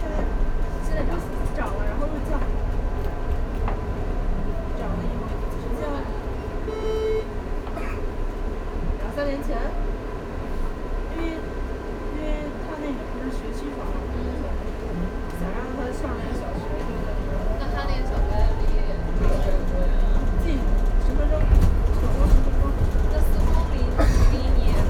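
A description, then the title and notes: A field recording from a visit to the sound piece 'Window Pain' in Beijing: a dense, steady low rumble like passing traffic, with voices talking throughout. Short clicks and brief tones surface here and there, and the rumble swells louder over the last few seconds. A field recording of a visit to experience the sound piece 'Window Pain' by Colin Siyuan Chinnery, installed at Tattoo Parlour space in Beijing.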